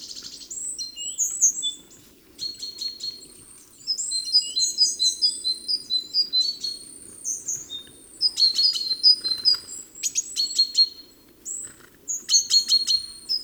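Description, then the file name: Great tit calls: high thin notes and short sliding whistles, broken by bursts of dry buzzy chattering, with a low steady hum underneath. "Parus major"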